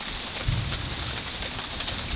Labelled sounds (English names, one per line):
none